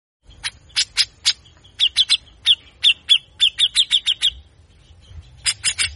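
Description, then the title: Grey-cheeked bulbul uttering separate harsh clipped notes, then a quicker string of rasping calls, ending in a short rattle after a pause. Captive-bird training song of a constantly singing, aggressive grey-cheeked bulbul giving harsh rapid bursts (besetan kasar), meant to prompt other birds to sing. "MASTERAN CUCAK JENGGOT GACOR FULL BESETAN KASAR DURASI PANJANG. Cucak Jenggot Gacor Galak Efektif Untuk Pancing Bunyi"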